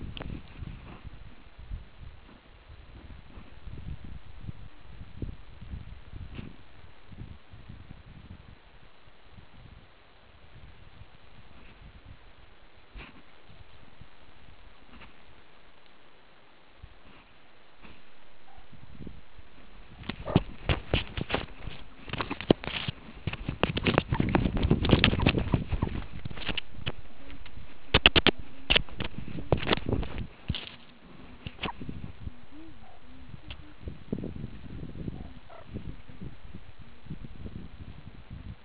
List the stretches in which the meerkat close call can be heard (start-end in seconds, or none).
18.48-18.60, 20.26-20.39, 32.84-32.97, 35.16-35.63